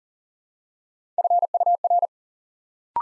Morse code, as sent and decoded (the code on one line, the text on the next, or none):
..-. ..- .-.
FUR